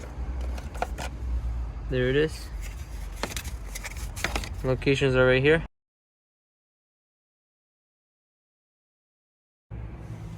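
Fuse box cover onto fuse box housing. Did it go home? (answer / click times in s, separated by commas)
no / none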